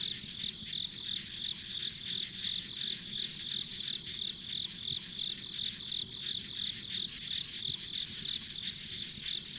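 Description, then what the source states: Insects chirping in a fast regular pulse near three beats a second, over a steady high insect hum. Ambient insect sounds recorded on a country road.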